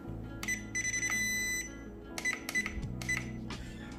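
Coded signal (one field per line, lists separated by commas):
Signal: none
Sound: RC toy's control beeps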